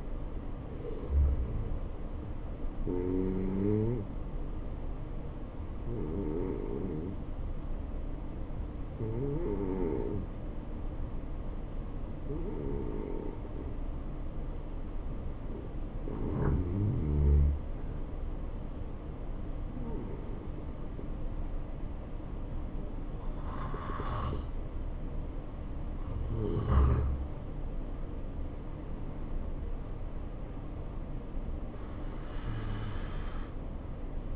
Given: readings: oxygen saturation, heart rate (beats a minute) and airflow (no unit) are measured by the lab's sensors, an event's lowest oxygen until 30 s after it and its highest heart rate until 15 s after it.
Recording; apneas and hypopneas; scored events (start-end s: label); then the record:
breathing in sleep by a smartphone at the bedside; 1
4.00-25.40 s: obstructive apnea (N2, oxygen 92% highest, then 87% lowest, heart rate 68 at the start, 74 highest)
From the record:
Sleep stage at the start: N2 (light sleep); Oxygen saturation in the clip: 84 to 92%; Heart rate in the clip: 68 to 74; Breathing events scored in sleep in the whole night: 277 in 7.4 hours asleep